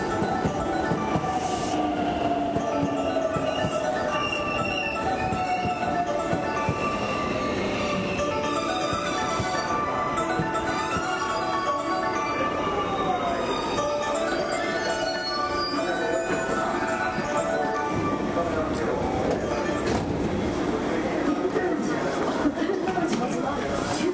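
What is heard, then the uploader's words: An Osaka Loop Line rapid train runs steadily for the whole stretch, a dense rumble of wheels and motor with constant level. Tonal whines rise and fall across the middle, sliding pitches shifting around ten to eighteen seconds, with faint voices underneath. JR西日本223系 環状線外回り 関空・紀州路快速 天王寺から大阪まで. 西日本旅客鉄道（JR西日本）223系電車の走行音です。 大阪環状線の外回り、関空・紀州路快速で録音しました。 Osaka Loop Line 's Outer Rapid Train.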